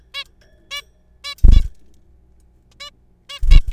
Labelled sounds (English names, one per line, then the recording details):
Zebra Finch
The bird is a juvenile
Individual R3428